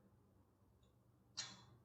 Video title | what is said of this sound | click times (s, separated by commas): Unboxing, assembling and installing the wooden fan with Chandelier lights from Shopee | until it clicks, and the rod will not be able to | 1.4 s